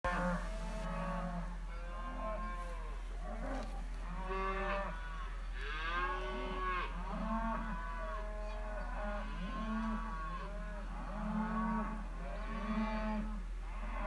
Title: cows